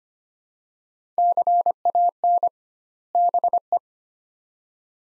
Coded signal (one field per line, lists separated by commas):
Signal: Morse code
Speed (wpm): 25 wpm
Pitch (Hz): 700 Hz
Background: none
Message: CAN BE